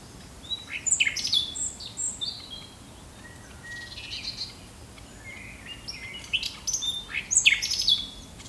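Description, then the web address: Common nightingale song, varied phrases of whistles, rapid trills and sharp chirps in two bursts separated by a quieter pause, with faint steady background hiss. "birdsongs nightingale song 1"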